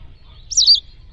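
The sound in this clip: Bird gives one short, high, twittering chirp that wavers up and down, against a quiet low rumble.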